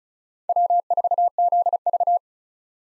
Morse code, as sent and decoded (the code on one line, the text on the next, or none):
.-- ....- --.. ...-
W4ZV